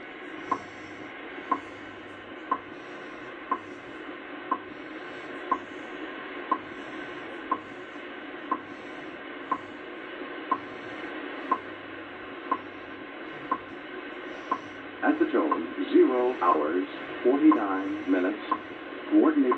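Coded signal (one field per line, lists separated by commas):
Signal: radio time signal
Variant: WWV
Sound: steady short ticks once per second over hiss, then a male voice announcement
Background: radio static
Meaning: Each tick marks one second of time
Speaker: 25 MHz WWV coming in real [Music] strong at the tone. 0 hours 49 minutes coordinated universal time.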